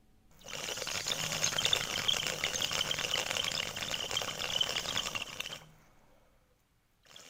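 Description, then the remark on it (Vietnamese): A long, steady bubbling gurgle from a Vietnamese bamboo water pipe (điếu cày) as a man takes a long draw on it for about five seconds, rattly and continuous, then cutting off abruptly into near silence. “Rồi với tay lấy cái điếu cày, rít một hơi dài. Tiếng điếu cày long lên sòng sọc.”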